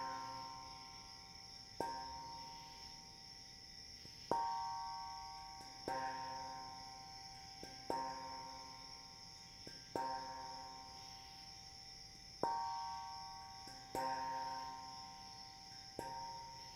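Struck gong-like tones ring out about every two seconds, each hit sharp and then slowly fading with a clear, sustained pitch. Beneath them, a steady high chirring of crickets runs unbroken through the whole passage.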